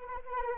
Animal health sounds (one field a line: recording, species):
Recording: mosquito wingbeat signal from an infrared sensor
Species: Anopheles arabiensis